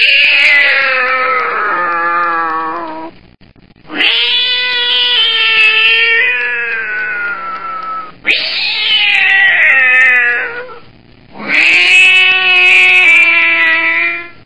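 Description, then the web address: Cat yowling in four long drawn-out wails, each starting high and sliding gradually downward, separated by short pauses. Described as an evil, nasty cat. "som de gato malvado desagradavel"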